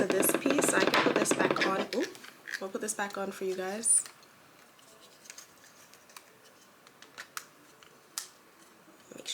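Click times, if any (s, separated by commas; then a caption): 7.4 s, 8.2 s. Someone talks, then fits a small plastic adapter piece back onto a DJI Osmo Pocket 3 pocket gimbal camera so a mini tripod can connect to it. Faint handling ticks follow. The piece snaps into place with two sharp clicks at 7.4 s and 8.2 s, and it is seated.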